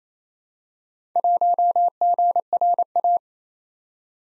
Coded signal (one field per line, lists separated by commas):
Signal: Morse code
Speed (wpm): 27 wpm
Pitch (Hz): 700 Hz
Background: none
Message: 1GRA